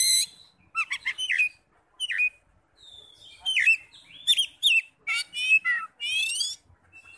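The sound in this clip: Oriental magpie-robin singing fast, varied phrases of whistles and buzzy scratchy notes.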